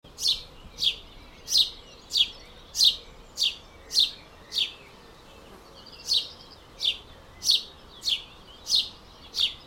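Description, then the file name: House sparrow calls, a long run of sharp descending chirps at a fairly even pace, with one brief gap near the middle; quiet background hiss. "Passer domesticus"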